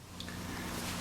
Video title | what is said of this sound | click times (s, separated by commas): Toyota Corolla front brake job Part 2 | I just come from the other side, have it pre-lubricated, and look, they nicely clicked | 0.2 s